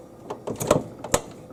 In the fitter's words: popped in it's beautiful